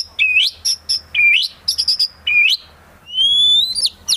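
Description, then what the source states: White-rumped shama song: short rising whistled notes and high chips in quick alternation, then a long thin rising whistle. Used as a trapping lure.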